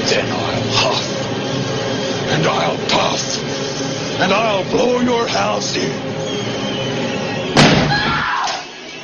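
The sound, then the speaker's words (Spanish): An axe hacks into a real wooden door in Jack Nicholson's iconic scene from The Shining, with heavy, splintering blows spaced irregularly, the loudest crack near the end, over a dense backdrop of voices and tense sound. “Esto que habéis escuchado ahora es esa icónica secuencia en la que Jack Nicholson parte una puerta con un hacha.”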